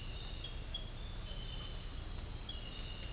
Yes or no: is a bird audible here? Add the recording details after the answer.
no. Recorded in dense forest near Puerto Asís, Putumayo, Colombia, on 13 March 2025 at 06:30. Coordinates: 0.485, -76.318. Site G056